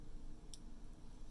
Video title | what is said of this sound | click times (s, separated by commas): Apple Watch Series 4 (40mm & 44mm) Unboxing and Comparison | I just heard a click alright | 0.5 s